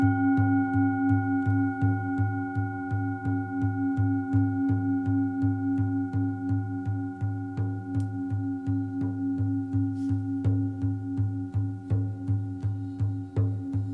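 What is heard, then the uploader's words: Singing bowls hum deeply and steadily throughout, with a fast regular throbbing pulse, bright sustained overtones above, and occasional faint taps. Deep vibrations using singing bowls targeting the crown and heart chakra along with some Shamanic drumming. No modification or altering frequencies to keep it as authentic as possible.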